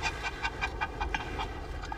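A dog pants quickly and steadily, each breathy huff repeating about every fifth of a second in a soft, rhythmic pattern with no talking.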